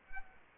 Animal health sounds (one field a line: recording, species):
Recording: mosquito wingbeat signal from an infrared sensor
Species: Aedes aegypti